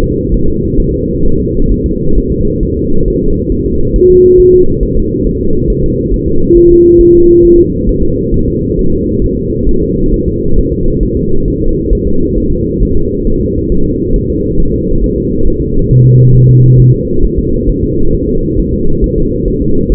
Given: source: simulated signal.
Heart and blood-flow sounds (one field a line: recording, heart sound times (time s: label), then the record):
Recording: fetal heart sounds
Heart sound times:
0.04 s: S2
0.34 s: S1
0.49 s: S2
0.80 s: S1
0.94 s: S2
1.26 s: S1
1.40 s: S2
1.72 s: S1
1.86 s: S2
2.18 s: S1
2.32 s: S2
2.63 s: S1
2.77 s: S2
3.08 s: S1
3.22 s: S2
3.52 s: S1
3.66 s: S2
3.96 s: S1
4.10 s: S2
4.40 s: S1
4.54 s: S2
4.83 s: S1
4.97 s: S2
5.27 s: S1
5.41 s: S2
5.70 s: S1
5.84 s: S2
6.14 s: S1
6.28 s: S2
6.57 s: S1
6.71 s: S2
7.01 s: S1
7.15 s: S2
7.45 s: S1
7.59 s: S2
7.89 s: S1
8.03 s: S2
8.34 s: S1
8.48 s: S2
8.79 s: S1
8.93 s: S2
9.24 s: S1
9.38 s: S2
9.69 s: S1
9.83 s: S2
10.14 s: S1
10.28 s: S2
10.58 s: S1
10.73 s: S2
11.03 s: S1
11.17 s: S2
11.48 s: S1
11.62 s: S2
11.93 s: S1
12.07 s: S2
12.38 s: S1
12.52 s: S2
12.83 s: S1
12.97 s: S2
13.27 s: S1
13.42 s: S2
13.72 s: S1
13.86 s: S2
14.16 s: S1
14.30 s: S2
14.60 s: S1
14.74 s: S2
15.04 s: S1
15.18 s: S2
15.48 s: S1
15.62 s: S2
15.91 s: S1
16.05 s: S2
16.35 s: S1
16.50 s: S2
16.80 s: S1
16.94 s: S2
17.25 s: S1
17.39 s: S2
17.70 s: S1
17.84 s: S2
18.15 s: S1
18.29 s: S2
18.59 s: S1
18.74 s: S2
19.04 s: S1
19.18 s: S2
19.48 s: S1
19.62 s: S2
19.92 s: S1
From the record:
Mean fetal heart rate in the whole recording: 135 bpm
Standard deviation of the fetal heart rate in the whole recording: 3 bpm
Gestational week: 36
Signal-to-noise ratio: -17.7 dB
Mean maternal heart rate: 72 bpm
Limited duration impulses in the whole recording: present